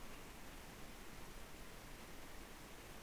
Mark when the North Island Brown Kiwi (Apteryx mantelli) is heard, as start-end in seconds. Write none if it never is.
none